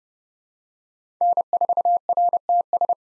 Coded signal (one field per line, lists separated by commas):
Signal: Morse code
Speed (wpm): 30 wpm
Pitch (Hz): 700 Hz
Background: none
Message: N4RTS